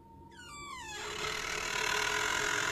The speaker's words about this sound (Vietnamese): Thị Hội đặt cái làn xuống rồi nhẹ nhàng bước đến, khe khẽ tay đẩy cửa vì sợ làm ồn giấc ngủ của chồng